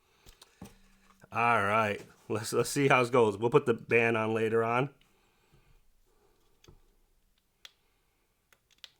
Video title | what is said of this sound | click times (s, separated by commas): BTS Light Stick Version 4 Unboxing 💜 (ARMY Bomb V4 Setup + First Reaction!) | But I'll click close to the mic. | 0.4 s